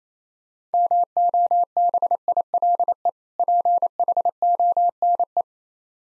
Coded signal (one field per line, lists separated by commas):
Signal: Morse code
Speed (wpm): 29 wpm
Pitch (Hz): 700 Hz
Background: none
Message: MOBILE PHONE